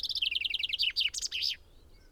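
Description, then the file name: Common chaffinch song: a fast run of bright, slightly descending notes, then a few louder, sweeping notes ending in a flourish. Quiet afterwards. "Fringilla coelebs"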